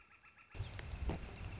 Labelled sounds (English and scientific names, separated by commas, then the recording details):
Northern Flicker (Colaptes auratus)
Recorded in Sonoma County, California